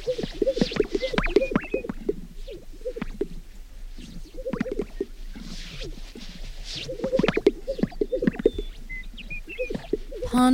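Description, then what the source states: Several sage grouse give deep gulping pops in uneven clusters, with a few swishes and faint high bird whistles above. A group of sage grouse.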